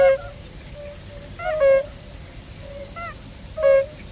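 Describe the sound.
European fire-bellied toad gives brief, mellow oop notes every one to two seconds against a continuous chorus.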